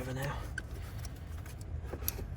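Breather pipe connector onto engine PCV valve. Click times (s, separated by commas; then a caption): 2.1 s. Someone talks while the quick-release connector of the plastic crankcase breather pipe on a Volvo V40 is pushed onto the new PCV valve on the engine, with a few small knocks along the way. A sharp little click at 2.1 s marks the connector clipping into place, seated and locked.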